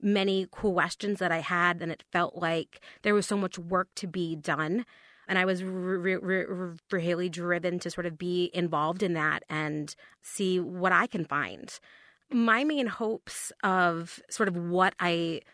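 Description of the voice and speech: Adult woman speaking with developmental stuttering, present since childhood, with sudden onset at age 8 and a family history of stuttering. Her speech has a part-word repetition ("re-re-really") and several brief pauses and hesitations within otherwise fluent phrases.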